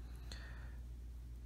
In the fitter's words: set the time on this watch you will need to pull the crown out two clicks away from the winding position one